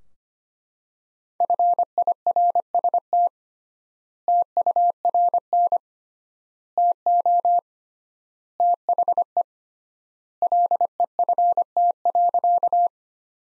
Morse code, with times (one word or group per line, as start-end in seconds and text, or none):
1.4-3.3 FIRST
4.3-5.8 TURN
6.8-7.6 TO
8.6-9.4 THE
10.4-12.9 LEFT.